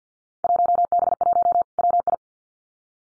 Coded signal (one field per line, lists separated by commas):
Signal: Morse code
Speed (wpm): 50 wpm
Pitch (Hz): 700 Hz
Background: none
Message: 1B1 WI